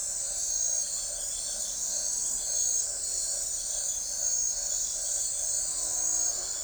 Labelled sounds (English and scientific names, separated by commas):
none